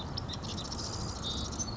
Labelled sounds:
Marsh Wren (Cistothorus palustris)
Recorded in Sonoma County, California

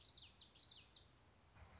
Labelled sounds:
Common Yellowthroat (Geothlypis trichas)
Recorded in Sonoma County, California

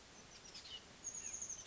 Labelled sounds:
Chestnut-backed Chickadee (Poecile rufescens)
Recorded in Sonoma County, California

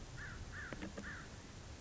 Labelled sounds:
American Crow (Corvus brachyrhynchos)
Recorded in Sonoma County, California

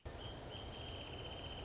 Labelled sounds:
Wrentit (Chamaea fasciata)
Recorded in Sonoma County, California

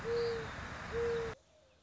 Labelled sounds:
Mourning Dove (Zenaida macroura)
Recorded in Sonoma County, California

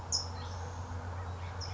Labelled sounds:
California Towhee (Melozone crissalis)
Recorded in Sonoma County, California

